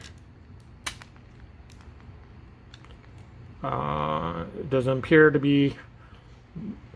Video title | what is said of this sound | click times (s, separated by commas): Masterpiece Wheeljack MP-20+: Anime Vs Toy Version Comparison | resisting so that's locked into place | 0.9 s